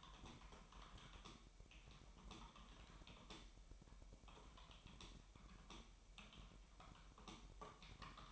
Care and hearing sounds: daily activity, microphone in the room; typing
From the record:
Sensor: 1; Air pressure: 1002.0 hPa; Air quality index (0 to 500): 244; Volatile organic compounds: 49 ppm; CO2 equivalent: 3285 ppm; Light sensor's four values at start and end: 8/29/10/12 and 8/29/10/12

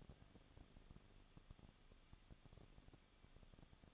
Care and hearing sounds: daily activity, microphone in the room; no activity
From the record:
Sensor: 4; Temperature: 23.1 degrees Celsius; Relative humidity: 34.3%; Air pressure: 1007.2 hPa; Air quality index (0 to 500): 215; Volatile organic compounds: 15 ppm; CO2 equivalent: 2490 ppm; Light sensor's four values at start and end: 2/3/1/1 and 2/3/1/1

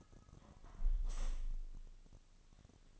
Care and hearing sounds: daily activity, microphone in the room; close window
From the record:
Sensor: 4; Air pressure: 1005.5 hPa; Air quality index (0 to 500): 90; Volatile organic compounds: 2 ppm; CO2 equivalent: 1107 ppm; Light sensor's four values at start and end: 13/29/11/11 and 13/29/11/11

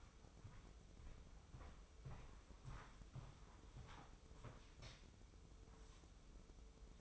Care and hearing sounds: daily activity, microphone in the room; walk to room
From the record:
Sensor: 1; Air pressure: 995.7 hPa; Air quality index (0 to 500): 36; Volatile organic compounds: 1 ppm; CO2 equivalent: 622 ppm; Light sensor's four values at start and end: 30/105/40/42 and 30/102/39/41

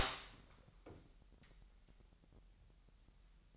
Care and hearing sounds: daily activity, microphone in the room; open door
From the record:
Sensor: 3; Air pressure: 998.4 hPa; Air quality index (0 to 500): 137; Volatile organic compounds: 4 ppm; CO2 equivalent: 1638 ppm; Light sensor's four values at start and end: 17/48/19/18 and 17/48/19/18

